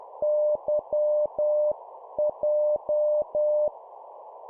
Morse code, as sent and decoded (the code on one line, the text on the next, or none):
-.-- .---
YJ